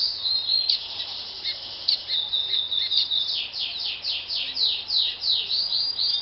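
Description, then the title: Double-collared seedeater singing a rapid, high, twittering series of sweeping notes and short trills that carry on without pause. "Canto Coleiro"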